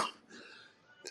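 A sharp, harsh burst opens and fades into a breathy tail, then a second short cough sounds just before the end. These are two coughs from an adult man whose COVID infection has settled in his chest.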